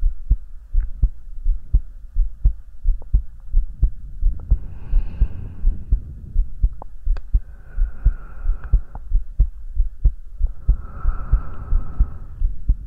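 A regular heartbeat at about 86 beats per minute, heard close up as if the listener's head were held against an adult's chest, with soft breathing sounds rising and falling in the background.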